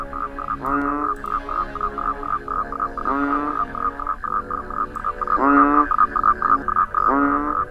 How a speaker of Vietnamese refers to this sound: Đêm thứ hai trôi qua yên lặng trong cái khung cảnh tiếng côn trùng đang kêu inh ỏi. Ở ngoài kia tiếng cóc nhái cứ rên rỉ đến buốt lòng.